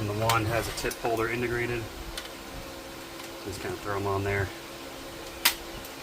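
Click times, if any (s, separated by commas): 5.5 s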